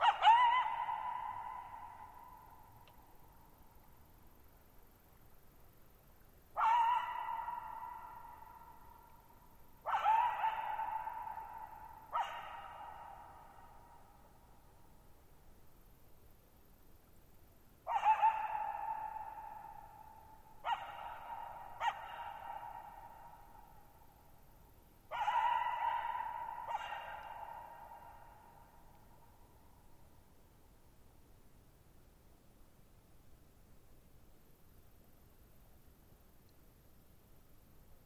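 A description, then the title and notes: Sharp, bright yips ring out across open ground, each one trailing off in a long echo. They come in loose clusters: near the start, around 7 to 12 seconds, 18 to 22 seconds, and 25 to 27 seconds, with quiet stillness between. This is about as close as the coyote got, or at least the most direct facing to the microphones. Those yips are just loud enough that the summing matrix clipped just a hair. Camped near Thirtymile Meadows in the Okanogan National Forest at 6400 ft (1950 m). The shallow-bowl shaped meadows made for a beautiful natural amphitheater for recording.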